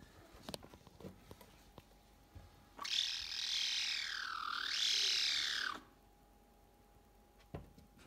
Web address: sound Caracal. صدای سیاهگوش